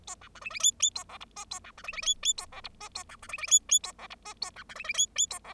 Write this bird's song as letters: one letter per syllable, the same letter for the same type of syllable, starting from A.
A B C D D E E A F G H A B C D D E E A F G H A B C D D E E A F G H A B C D D E E A F